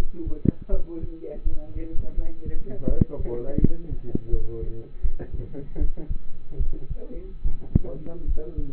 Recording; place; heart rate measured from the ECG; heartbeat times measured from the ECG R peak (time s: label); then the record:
heart sounds by stethoscope; between the tricuspid and mitral areas; 79 bpm
0.70 s: heartbeat
1.43 s: heartbeat
2.15 s: heartbeat
2.87 s: heartbeat
3.59 s: heartbeat
4.30 s: heartbeat
5.01 s: heartbeat
5.78 s: heartbeat
6.57 s: heartbeat
7.42 s: heartbeat
8.25 s: heartbeat
From the record:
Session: rest, lying down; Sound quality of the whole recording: partially saturated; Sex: male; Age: 27 years